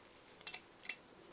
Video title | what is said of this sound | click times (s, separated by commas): NC MX5 MIATA REAR DISC AND PAD REPLACEMENT : BACK TO BASICS | They simply snap into place, and put a little bit of brake grease on those shims. | 0.5 s, 0.9 s